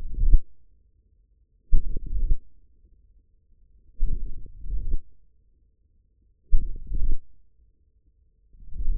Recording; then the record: forearm muscle sounds (acoustic myography)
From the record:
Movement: hook grip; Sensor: system 1, eight BSWA MPA416 microphones around the upper forearm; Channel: 5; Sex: male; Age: 41 years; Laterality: right